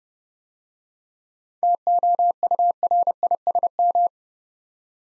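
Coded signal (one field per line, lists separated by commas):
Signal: Morse code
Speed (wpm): 29 wpm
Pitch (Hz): 700 Hz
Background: none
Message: TOURISM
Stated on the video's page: Morse practice set sending 7-letter words at 30 wpm for head-copy training.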